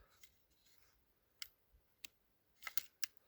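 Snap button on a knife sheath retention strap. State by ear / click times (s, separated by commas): seated / 3.0 s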